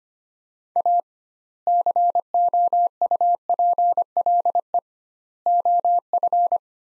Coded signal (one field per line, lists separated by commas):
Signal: Morse code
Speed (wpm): 25 wpm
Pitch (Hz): 700 Hz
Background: none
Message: A COUPLE OF